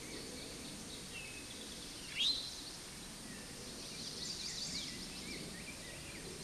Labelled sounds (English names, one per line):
Chestnut-sided Warbler song